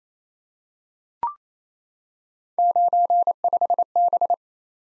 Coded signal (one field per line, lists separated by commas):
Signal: Morse code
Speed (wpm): 29 wpm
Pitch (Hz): 700 Hz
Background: none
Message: 95B